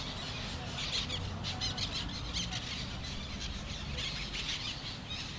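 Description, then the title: Parrots in noisy chorus, rasping squawks layered densely throughout, with a few louder bursts and a low droning hum beneath. Parrots at sunset in Crespo. "Loros En Crespo"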